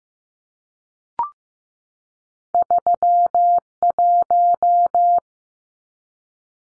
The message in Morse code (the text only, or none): 31